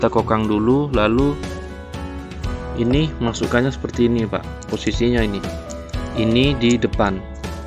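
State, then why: Not seated. A man talks over background music while handling a PCP air rifle: after the side lever is cocked, the loaded magazine is being pushed front end first into the rifle's receiver. Brief handling knocks sound at about 1.9 s, 2.4 s and 7.5 s, but the magazine has not seated or clicked yet.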